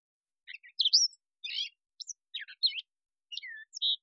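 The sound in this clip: Catbird singing a quick series of mixed notes, squeaky upslurs and scratchy chatters in short separate phrases; nothing else heard.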